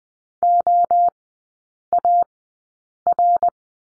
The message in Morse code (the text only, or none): OAR